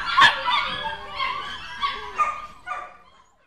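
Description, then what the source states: Dog barking and yelping, a sharp loud bark followed by several softer whining barks that fade out over about three seconds. Dog in a kennel.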